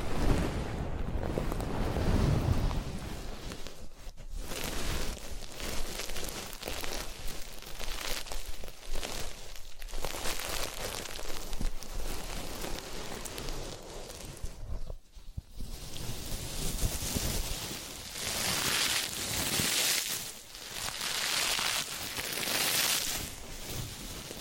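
Ear cleaning and massage sounds form a dense, crackling rustle that surges and eases, with brief pauses near four, ten and fifteen seconds.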